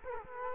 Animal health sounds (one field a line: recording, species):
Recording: mosquito wingbeat signal from an infrared sensor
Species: Culex quinquefasciatus